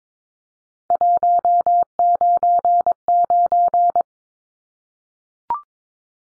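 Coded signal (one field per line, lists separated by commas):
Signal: Morse code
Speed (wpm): 22 wpm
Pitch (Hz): 700 Hz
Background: none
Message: 199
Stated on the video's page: Head-copy drill of three-digit numbers at 22 wpm, each number sent in Morse, spoken, then sent again.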